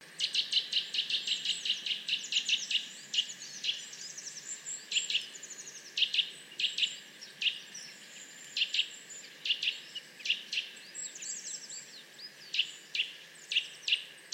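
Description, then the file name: Eurasian nuthatch calls: loud, sharp notes repeated in quick series, with thin high sweeping twitters mixed in. "Sitta europaea"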